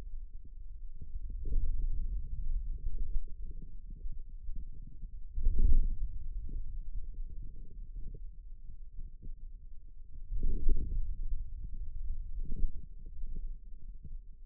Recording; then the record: forearm muscle sounds (acoustic myography)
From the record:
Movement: ulnar deviation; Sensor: system 2, bracelet of six BSWA MPA416 microphones around the upper forearm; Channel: 4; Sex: male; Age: 22 years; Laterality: right